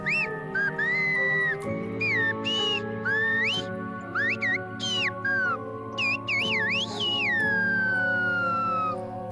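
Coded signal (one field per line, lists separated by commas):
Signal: whistled language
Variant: Silbo Gomero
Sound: loud rising and falling whistles with long slides, over a steady musical drone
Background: background music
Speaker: is it possible that this sound is made by humans hi i'm george from the channel untrailed rules today we're going to learn about the whistling language of lagomira el silva coming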